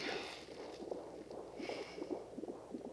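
Rapid, regular soft pulsing: a fetal heartbeat on ultrasound, heard faintly through room sound.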